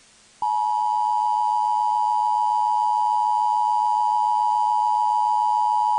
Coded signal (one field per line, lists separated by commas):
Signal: Emergency Alert System (SAME) tones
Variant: 853 and 960 Hz attention tone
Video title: Alabama Please! | EAS Alerts from January 3rd, 2023 (EAS #2149-2168)